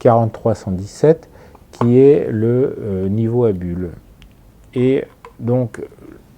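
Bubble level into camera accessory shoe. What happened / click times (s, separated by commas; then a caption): Handled, not yet home: no seating click before the clip ends / none. Someone talks while a small bubble-level accessory, reference 43117, is handled beside the chrome accessory rail on the side of a Hasselblad V-series medium-format camera body (500C, C/M, EL, EL/M or ELX), ready to be slid on until it clips in. Only speech is heard, with a faint short tick near 6.1 s at the end. Nothing has seated or clicked yet.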